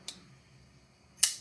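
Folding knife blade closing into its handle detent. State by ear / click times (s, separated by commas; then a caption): seated / 1.2 s. A Kubey Eclipse folding knife blade is closed into its handle, with a faint tick at 0.1 s and then a sharp, bright, high-pitched click at 1.2 s as it snaps into the closed detent. The blade is seated closed.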